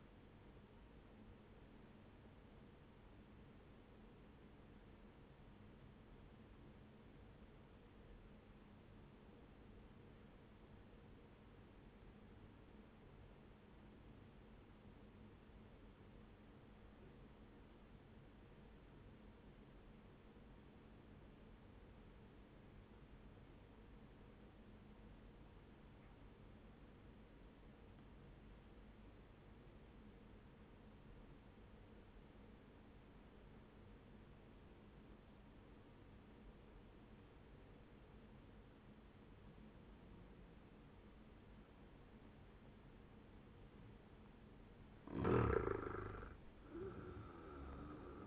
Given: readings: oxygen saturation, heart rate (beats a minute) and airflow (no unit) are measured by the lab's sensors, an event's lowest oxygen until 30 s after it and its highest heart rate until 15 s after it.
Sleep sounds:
breathing in sleep by a voice recorder at the bedside; 1
3.00-41.30 s: obstructive apnea (N1, oxygen 97% highest, then 93% lowest, heart rate 67 at the start, 78 highest)
25.00-48.27 s: new sleep stage, N2 (light sleep)
From the record:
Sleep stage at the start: N1 (lightest sleep); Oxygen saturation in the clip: 92 to 97%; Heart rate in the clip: 58 to 72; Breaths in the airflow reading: 3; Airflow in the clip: -6.0 to 8.1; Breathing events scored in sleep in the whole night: 131 in 7.2 hours asleep

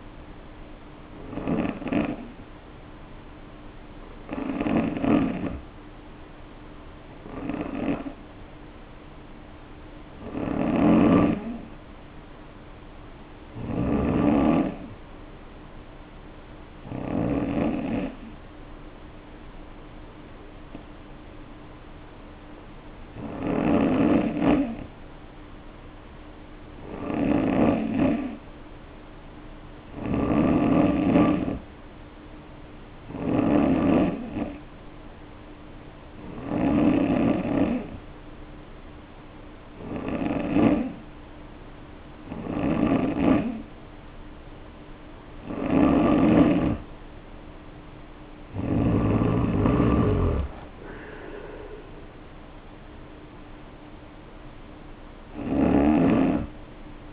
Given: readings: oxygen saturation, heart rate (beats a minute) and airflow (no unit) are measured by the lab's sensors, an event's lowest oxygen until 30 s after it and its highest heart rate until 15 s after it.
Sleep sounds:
breathing in sleep by a voice recorder at the bedside; none
none scored
From the record:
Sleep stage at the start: N2 (light sleep); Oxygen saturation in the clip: 89 to 93%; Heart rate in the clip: 52 to 61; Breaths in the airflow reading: 17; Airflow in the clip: -3.1 to 4.7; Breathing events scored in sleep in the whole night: 520 in 7.2 hours asleep

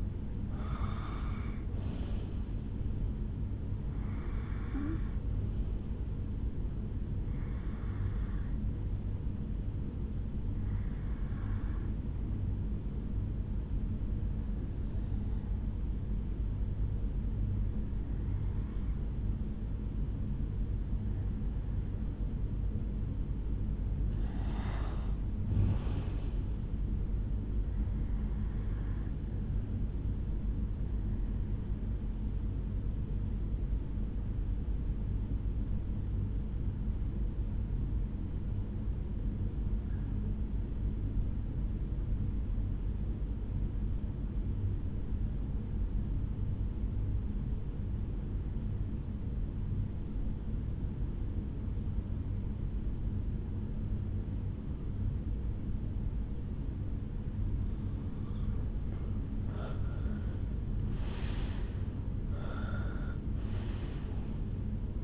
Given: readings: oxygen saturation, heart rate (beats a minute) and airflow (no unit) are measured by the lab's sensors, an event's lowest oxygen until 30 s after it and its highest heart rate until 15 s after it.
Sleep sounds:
breathing in sleep by a smartphone at the bedside; 2
10.00-27.40 s: hypopnea (REM, oxygen 95% highest, then 90% lowest, heart rate 62 at the start, 71 highest)
36.00-59.80 s: obstructive apnea (REM, oxygen 93% highest, then 82% lowest, heart rate 65 at the start, 80 highest)
From the record:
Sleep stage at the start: REM sleep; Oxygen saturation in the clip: 78 to 95%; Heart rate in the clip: 62 to 78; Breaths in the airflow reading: 8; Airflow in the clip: -13.4 to 7.5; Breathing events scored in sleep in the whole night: 449 in 7.0 hours asleep

